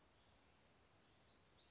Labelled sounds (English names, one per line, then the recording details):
Black-throated Gray Warbler
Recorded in Sonoma County, California